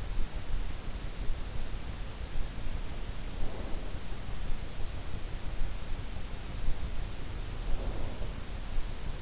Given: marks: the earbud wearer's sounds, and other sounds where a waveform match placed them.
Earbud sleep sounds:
sounds in sleep by an in-ear microphone; snoring breath
3.09-3.83 s: snoring breath
7.72-8.49 s: snoring breath

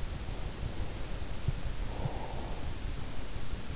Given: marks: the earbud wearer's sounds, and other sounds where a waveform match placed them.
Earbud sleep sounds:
sounds in sleep by an in-ear microphone; breath
0.58-3.58 s: breath

